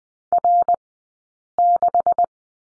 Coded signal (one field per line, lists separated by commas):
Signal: Morse code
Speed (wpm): 20 wpm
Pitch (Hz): 700 Hz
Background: none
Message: R6